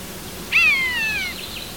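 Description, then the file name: Common buzzard giving a single drawn-out mewing call, a clear harmonic note that starts high and slides gently downward over nearly a second, against faint background hiss. "Poiana"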